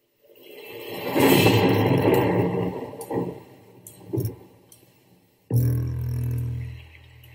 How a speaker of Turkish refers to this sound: 1976 yılında yapılmış bir plağa getireyim. Bu plaktaki şarkı gök gürültüsüyle başlıyor.